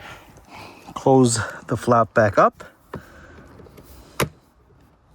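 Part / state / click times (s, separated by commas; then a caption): cabin air filter compartment cover into the HVAC housing behind the glove box / seated / 4.2 s. The plastic cabin air filter compartment cover behind the glove box is pushed closed into the HVAC housing, with someone talking beforehand. A soft tap is heard near 2.9 s, then a sharp, bright click at 4.2 s as the flap latches shut and seats.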